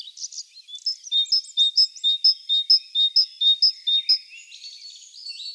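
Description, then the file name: Great tit repeating a clear see-saw two-note phrase about eight times, preceded and followed by softer chattering notes. "Parus major"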